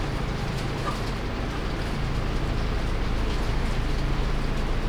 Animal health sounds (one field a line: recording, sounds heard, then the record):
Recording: poultry house recording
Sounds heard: healthy chickens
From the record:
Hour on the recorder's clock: 20